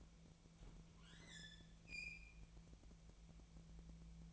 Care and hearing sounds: daily activity, microphone in the room; open fridge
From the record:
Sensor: 1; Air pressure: 1000.0 hPa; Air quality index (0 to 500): 138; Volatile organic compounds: 2 ppm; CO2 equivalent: 1296 ppm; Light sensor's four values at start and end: 32/81/34/41 and 32/80/34/41

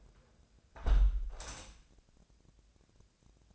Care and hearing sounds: daily activity, microphone in the room; close window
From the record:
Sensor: 2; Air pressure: 1012.1 hPa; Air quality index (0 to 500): 110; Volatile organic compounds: 1 ppm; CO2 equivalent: 824 ppm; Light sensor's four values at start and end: 112/267/110/110 and 111/266/110/109

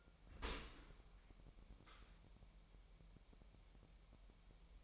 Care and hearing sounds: daily activity, microphone in the room; open dishwasher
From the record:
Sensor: 1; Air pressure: 998.4 hPa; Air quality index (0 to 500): 137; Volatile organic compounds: 4 ppm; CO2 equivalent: 1642 ppm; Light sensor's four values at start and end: 17/56/22/23 and 17/56/22/23

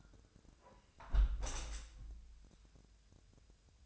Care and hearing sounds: daily activity, microphone in the room; close window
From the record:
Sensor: 2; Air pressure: 1014.7 hPa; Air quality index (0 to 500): 27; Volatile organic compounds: 1 ppm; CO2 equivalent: 516 ppm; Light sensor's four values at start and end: 8/20/8/8 and 8/19/8/8

